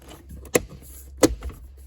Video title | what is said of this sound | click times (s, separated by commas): Fix the shift lock button FREE and easy. Keep it clean avoid problems. | all right just give it a push and they all just that's it they're all clipped in place now | 0.5 s